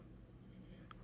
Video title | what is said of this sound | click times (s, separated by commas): What it takes to aim your safety system. They need to find a better way to do this. | on uh this side it clicked in on this side | 0.9 s